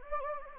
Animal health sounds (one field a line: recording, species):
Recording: mosquito wingbeat signal from an infrared sensor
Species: Anopheles gambiae